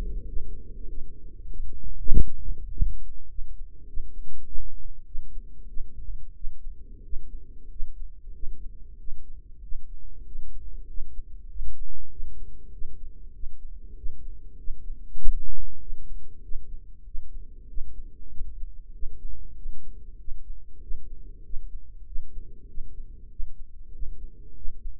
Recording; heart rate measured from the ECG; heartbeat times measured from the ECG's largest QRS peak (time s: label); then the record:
heart sounds by microphone in the right ear; 96 bpm
0.28 s: heartbeat
0.90 s: heartbeat
1.52 s: heartbeat
2.12 s: heartbeat
2.72 s: heartbeat
3.31 s: heartbeat
3.89 s: heartbeat
4.47 s: heartbeat
5.07 s: heartbeat
5.69 s: heartbeat
6.36 s: heartbeat
7.05 s: heartbeat
7.71 s: heartbeat
8.35 s: heartbeat
9.00 s: heartbeat
9.64 s: heartbeat
10.27 s: heartbeat
10.89 s: heartbeat
11.50 s: heartbeat
12.11 s: heartbeat
12.73 s: heartbeat
13.35 s: heartbeat
13.97 s: heartbeat
14.59 s: heartbeat
15.20 s: heartbeat
15.81 s: heartbeat
16.44 s: heartbeat
17.06 s: heartbeat
17.69 s: heartbeat
18.32 s: heartbeat
18.94 s: heartbeat
19.57 s: heartbeat
20.19 s: heartbeat
20.82 s: heartbeat
21.45 s: heartbeat
22.07 s: heartbeat
22.69 s: heartbeat
23.31 s: heartbeat
23.94 s: heartbeat
24.56 s: heartbeat
From the record:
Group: healthy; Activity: rest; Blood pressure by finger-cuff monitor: 141/78 mmHg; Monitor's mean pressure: 96 mmHg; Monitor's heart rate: 97 bpm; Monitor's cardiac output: 6.9 L/min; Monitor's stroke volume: 71 mL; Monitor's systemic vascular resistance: 1040 dyn s/cm5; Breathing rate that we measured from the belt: 18 breaths a minute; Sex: female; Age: 43 years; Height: 160 cm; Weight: 90 kg